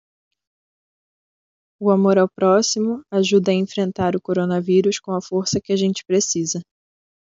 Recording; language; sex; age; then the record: spoken sentence; Brazilian Portuguese; female; 20 to 29 years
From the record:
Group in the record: control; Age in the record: 25 years